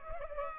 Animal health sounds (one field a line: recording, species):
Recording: mosquito wingbeat signal from an infrared sensor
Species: Culex pipiens